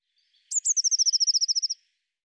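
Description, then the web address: Eurasian blue tit song: two very high thin notes sliding down into a fast, even trill of about a dozen bright notes, lasting just over a second, in silence. "cianscape birddata Deverinetal 2025 File cleaned normalized Bird Cy Ca"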